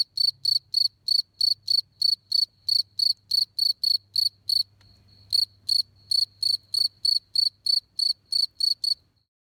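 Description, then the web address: Cricket giving rapid, high-pitched chirps at about three a second, pausing briefly midway before resuming the even pulsing series. "grillo"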